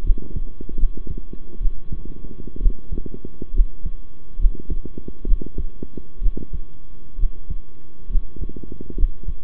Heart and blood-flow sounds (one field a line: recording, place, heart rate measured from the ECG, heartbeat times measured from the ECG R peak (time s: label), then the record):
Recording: heart sounds by stethoscope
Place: between the tricuspid and mitral areas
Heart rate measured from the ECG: 67 bpm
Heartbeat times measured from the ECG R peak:
0.03 s: heartbeat
0.77 s: heartbeat
1.60 s: heartbeat
2.60 s: heartbeat
3.53 s: heartbeat
4.38 s: heartbeat
5.26 s: heartbeat
6.21 s: heartbeat
7.18 s: heartbeat
8.09 s: heartbeat
8.96 s: heartbeat
From the record:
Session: rest, sitting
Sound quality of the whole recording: good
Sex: male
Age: 23 years